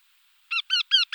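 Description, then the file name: Eurasian wryneck giving four short, harsh nasal notes, each slightly falling, in quick succession after a brief silence. "torcicollo"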